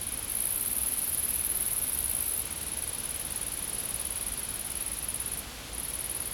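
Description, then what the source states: High insect trilling, louder in the first two seconds, then softer and steady, with a short break near the end, over constant hiss. Insects recorded in a field.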